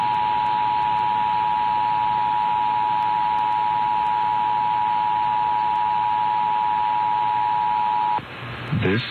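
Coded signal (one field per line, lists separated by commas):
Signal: Emergency Alert System (SAME) tones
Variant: 853 and 960 Hz attention tone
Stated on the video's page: Third national EAS test, National Periodic Test, recorded off FM radio on an MP3 player.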